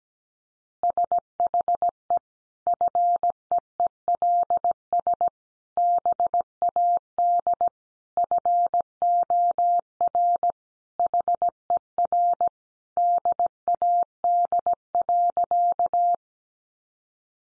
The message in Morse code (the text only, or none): SHE FEELS BAD FOR HER DAD.